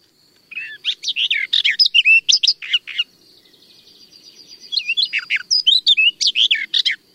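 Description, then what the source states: Barred Warbler singing two jumpy strophes of mixed sharp and fluty high syllables, separated by a short pause. Song resembles the Garden Warbler's; a jumpy tangle of alternating sharp and fluty syllables, with a rattling alarm chatter between strophes.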